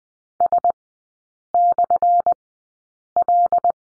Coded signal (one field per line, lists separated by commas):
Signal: Morse code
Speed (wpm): 19 wpm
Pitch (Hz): 700 Hz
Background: none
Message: S/L